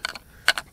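An extension shaft is pushed into the shaft coupling of a Greenworks 40V pole saw; the two non-round sections are keyed so they only fit together one correct way. A few light clicks and rattles come before a sharp, loud hit at 0.5 s, followed by a softer click just after. The shaft sections are joined and seated.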